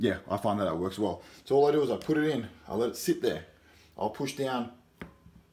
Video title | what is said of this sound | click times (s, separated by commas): How to make the perfect Coffee / Pulling the perfect Espresso | once till you hear that click that's all you need that that's now Tamp to 25 | 5.0 s